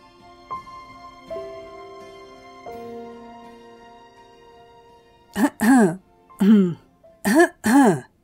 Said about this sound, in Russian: как только раздалось первое покашливание, закрыл меня своим телом и грозно посмотрел вверх, взглядом испепеляя того, кто посмел прервать наши брачные игры.